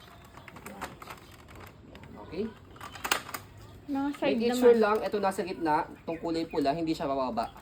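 A side rail of an Aprica Coconel Air Plus foldable baby playard is handled at its corner lock, with its red indicator kept in the middle so the rail won't drop. Light plastic taps and rattles come early, and a cluster of sharper knocks comes around 3.0–3.3 s, followed by someone talking. The rail is not yet home: nothing has seated or clicked into the frame joint yet.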